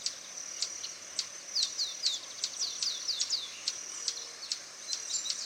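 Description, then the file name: Swallow-tailed hummingbird twittering: quick series of thin, downward-slurred squeaks mixed with sharp high chips, over a steady high-pitched hiss. "Canto do beija flor tesoura"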